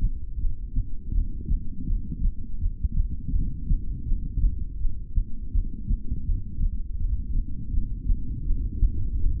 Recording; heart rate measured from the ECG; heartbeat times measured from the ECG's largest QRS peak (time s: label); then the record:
heart sounds by stethoscope; 82 bpm
0.36 s: heartbeat
1.10 s: heartbeat
1.83 s: heartbeat
2.56 s: heartbeat
3.29 s: heartbeat
4.02 s: heartbeat
4.76 s: heartbeat
5.49 s: heartbeat
6.22 s: heartbeat
6.95 s: heartbeat
7.68 s: heartbeat
8.41 s: heartbeat
9.14 s: heartbeat
From the record:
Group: heart failure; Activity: rest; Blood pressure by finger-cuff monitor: 103/61 mmHg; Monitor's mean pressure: 80 mmHg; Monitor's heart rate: 82 bpm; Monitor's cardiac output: 7.9 L/min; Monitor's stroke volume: 97 mL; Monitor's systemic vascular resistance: 720 dyn s/cm5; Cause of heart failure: ischemic heart disease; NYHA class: 2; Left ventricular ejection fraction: 28%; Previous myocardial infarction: present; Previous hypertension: present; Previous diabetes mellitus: present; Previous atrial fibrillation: present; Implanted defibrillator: present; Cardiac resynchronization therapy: present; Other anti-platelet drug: absent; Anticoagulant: apixaban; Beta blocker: bisoprolol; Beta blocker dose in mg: 10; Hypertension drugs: sacubitril-valsartan, spironolactone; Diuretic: furosemide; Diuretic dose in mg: 20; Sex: male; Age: 62 years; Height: 178 cm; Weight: 88.3 kg